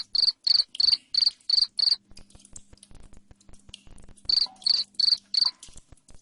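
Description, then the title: Cricket chirping: a run of sharp, rapid chirps, a gap of soft ticking and a low hum, then the chirps start again. Loud cricket chirping played to make lovebirds keep singing. "Suara JANGKRIK NGERIK Keras Bikin LOVEBIRD Jadi NGEKEK Terus Vubey"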